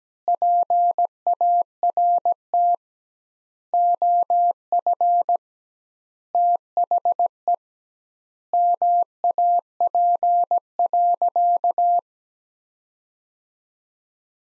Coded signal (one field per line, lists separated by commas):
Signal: Morse code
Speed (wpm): 17 wpm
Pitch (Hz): 700 Hz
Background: none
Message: PART OF THE MAP.